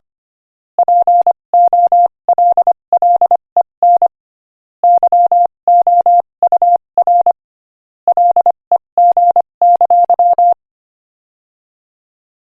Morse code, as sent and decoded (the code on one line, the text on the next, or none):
.--. --- .-.. .-.. . -. / -.-- --- ..- .-. / .-.. . --. -.-.--
POLLEN YOUR LEG!